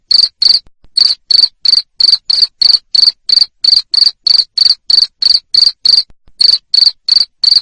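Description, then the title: Steady cricket song of short, shrill chirps, about three a second, interrupted by two short pauses. Loud cricket chirping played to stimulate lovebirds so they keep singing in the 'ngekek' style. "Suara JANGKRIK NGERIK Keras Bikin LOVEBIRD Jadi NGEKEK Terus Vubey"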